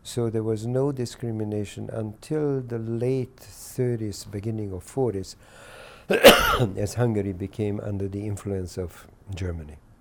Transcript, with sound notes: So there was no discrimination until the late thirties, beginning of forties, [coughs] as Hungary became under the influence of Germany.